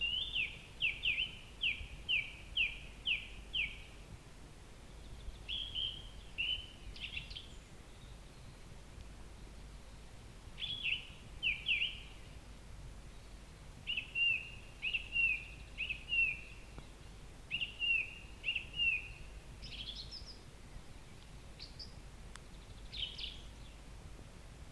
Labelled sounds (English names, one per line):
Song Thrush song